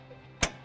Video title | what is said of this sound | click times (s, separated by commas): Hoe bedien ik een verhuislift op trailer 25m - Huurland - Instructievideo | vervolgens schuiven we de afstandsbediening in die uitsparingen tot deze vergrendelt in die positie | 0.4 s